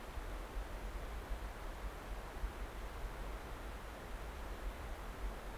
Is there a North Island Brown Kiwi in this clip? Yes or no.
no